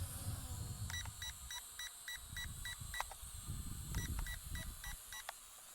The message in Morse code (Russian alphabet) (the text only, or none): none